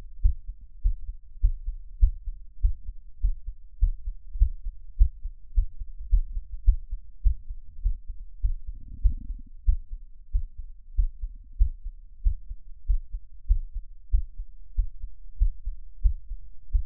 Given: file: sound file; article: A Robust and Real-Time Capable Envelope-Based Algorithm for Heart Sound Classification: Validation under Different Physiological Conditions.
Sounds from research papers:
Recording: heart sounds by electronic stethoscope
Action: after 5 min of sport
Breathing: deep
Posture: sitting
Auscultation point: Erb’s point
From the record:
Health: healthy, no known heart disease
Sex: male

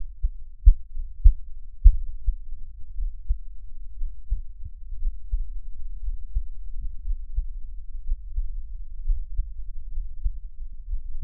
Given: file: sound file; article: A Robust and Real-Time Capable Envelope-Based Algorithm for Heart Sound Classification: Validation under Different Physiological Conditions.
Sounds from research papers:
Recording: heart sounds by electronic stethoscope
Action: rest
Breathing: deep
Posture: sitting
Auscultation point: Erb’s point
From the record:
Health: healthy, no known heart disease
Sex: male

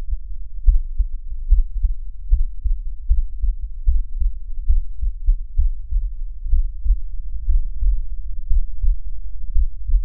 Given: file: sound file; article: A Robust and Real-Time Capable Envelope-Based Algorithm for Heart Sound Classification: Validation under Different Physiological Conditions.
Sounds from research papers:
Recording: heart sounds by electronic stethoscope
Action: rest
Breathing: deep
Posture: sitting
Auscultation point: Erb’s point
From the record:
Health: healthy, no known heart disease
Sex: male

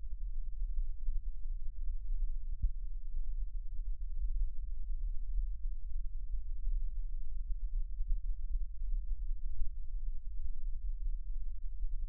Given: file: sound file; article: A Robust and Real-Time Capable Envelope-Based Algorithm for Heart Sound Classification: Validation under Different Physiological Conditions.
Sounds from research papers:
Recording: heart sounds by electronic stethoscope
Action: rest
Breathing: normal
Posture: sitting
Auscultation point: left side of the back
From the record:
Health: healthy, no known heart disease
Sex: male

